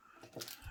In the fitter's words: there we go i heard it clicked